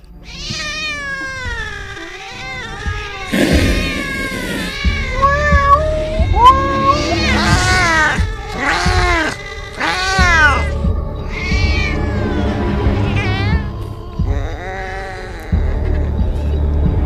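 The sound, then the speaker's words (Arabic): A cat meows over and over in long, wavering, eerie cries that rise and fall in pitch, some stretching into drawn-out wails, with no talking. “كان هذا القطب مجرد ما ببدأ أتحرك من على السرير، كان بيقفز من على السرير يدخل تحت السرير، ولكن كنت ببحث تحت السرير ما لقيش لي أي أثر، لكني كنت بسمع أصواته المرعبة يوميا.”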